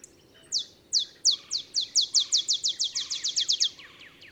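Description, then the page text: Olive sparrow song, a steady acceleration of bright downward chip notes ending in a rapid, rolling run. Male singing; simple songs like a field sparrow's bouncing-ball song, early morning, Texas, 50 miles north of the Mexican border. "Birdsong for the Curious Naturalist. Olive sparrow"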